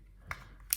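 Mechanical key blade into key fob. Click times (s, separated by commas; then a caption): 0.3 s, 0.7 s. The metal emergency key blade of a Renault key is slid back into its plastic key fob and latches with sharp clicks at 0.3 s and 0.7 s, with a faint tick in between. The blade is seated in the fob.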